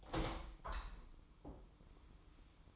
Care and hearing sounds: daily activity, microphone in the room; open window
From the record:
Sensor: 1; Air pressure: 1004.7 hPa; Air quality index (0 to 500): 111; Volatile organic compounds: 4 ppm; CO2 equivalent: 1539 ppm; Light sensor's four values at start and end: 8/21/8/9 and 8/21/8/9

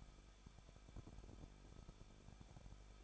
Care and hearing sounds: daily activity, microphone in the room; no activity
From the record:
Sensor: 5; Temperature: 20.8 degrees Celsius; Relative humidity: 38.3%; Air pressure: 1006.5 hPa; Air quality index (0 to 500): 186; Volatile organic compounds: 18 ppm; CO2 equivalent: 2604 ppm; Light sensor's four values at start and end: 2/3/1/1 and 2/3/1/1

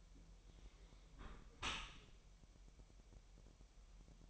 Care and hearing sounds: daily activity, microphone in the room; close dishwasher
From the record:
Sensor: 1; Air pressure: 1000.4 hPa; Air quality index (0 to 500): 247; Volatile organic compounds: 140 ppm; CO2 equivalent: 3975 ppm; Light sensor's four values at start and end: 11/27/11/12 and 11/27/11/12

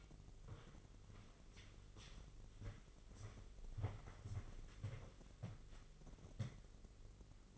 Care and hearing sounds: daily activity, microphone in the room; walk to room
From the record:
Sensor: 4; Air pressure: 996.4 hPa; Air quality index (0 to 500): 70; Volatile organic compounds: 2 ppm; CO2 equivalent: 1280 ppm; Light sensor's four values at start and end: 19/53/20/22 and 17/46/18/19

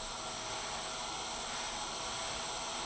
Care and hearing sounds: daily activity, microphone in the room; vacuum cleaning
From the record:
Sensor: 5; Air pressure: 994.5 hPa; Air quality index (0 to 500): 173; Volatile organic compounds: 667 ppm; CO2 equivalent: 5010 ppm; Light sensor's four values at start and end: 9/21/8/9 and 9/22/8/9

